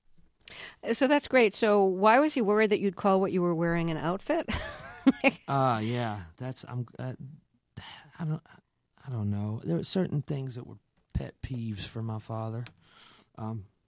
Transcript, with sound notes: So that's great. So why was he worried that you'd call what you were wearing an outfit?
(LAUGHTER)
Oh, yeah. That's, I'm - I don't know. There were certain things that were pet peeves for my father.